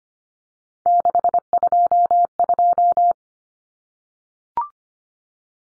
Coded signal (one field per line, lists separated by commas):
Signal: Morse code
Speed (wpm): 25 wpm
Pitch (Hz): 700 Hz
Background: none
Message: 622